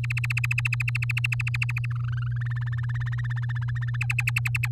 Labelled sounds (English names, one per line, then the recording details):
Domestic Canary song
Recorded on 7 May 2018 at 16:02
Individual llb16